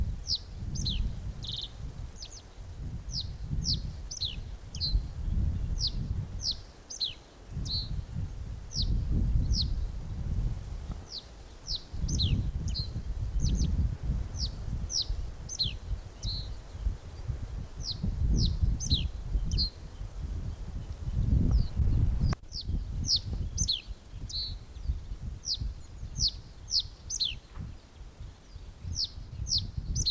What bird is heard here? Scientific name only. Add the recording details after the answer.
Emberiza schoeniclus. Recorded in the wild. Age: adult. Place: Schönerlinde, Naturpark Barnim, Brandenburg, DE. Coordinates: 52.651, 13.406. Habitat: pond. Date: 1992-05-01 11:15. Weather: heiter bis wolkig, böiger Wind, 16 °C. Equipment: Nagra SN, Mikrofon AKG CK 8, Kopie Tesla B 116. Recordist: Tembrock, Günter